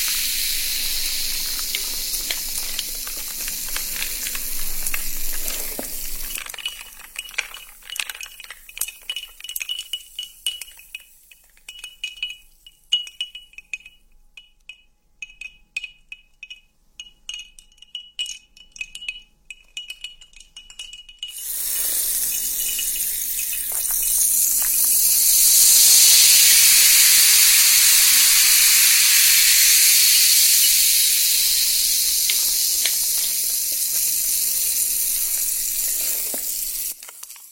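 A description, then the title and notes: Sparkling soda water fizzes with a dense bright hiss, dropping to sparse crackling pops from about six to twenty-one seconds, then surging back. The freshness of sparkling soda water.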